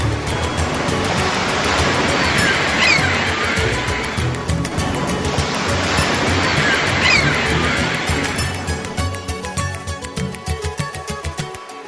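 Ocean waves break against rocks in two loud, rushing surges a few seconds apart, each swelling and crashing before the wash settles into a quieter, fading hiss. No voices.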